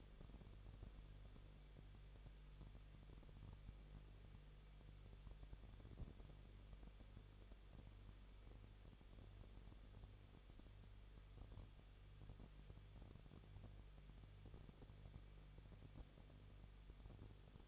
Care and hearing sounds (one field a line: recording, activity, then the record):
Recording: daily activity, microphone in the room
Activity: no activity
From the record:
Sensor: 4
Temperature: 23.1 degrees Celsius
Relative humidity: 34.1%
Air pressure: 1007.2 hPa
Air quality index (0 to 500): 216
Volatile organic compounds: 15 ppm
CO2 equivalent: 2490 ppm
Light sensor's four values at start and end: 2/3/1/1 and 2/3/1/1